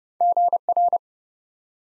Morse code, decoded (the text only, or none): GR